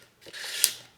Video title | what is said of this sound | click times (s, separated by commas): Sony 70-200mm 2.8 GM VII Unboxing and my Honest review and opinion, Worth the hype? #sony #smile | it does not click so sometimes it just wants to fall off so i had to be careful of that | none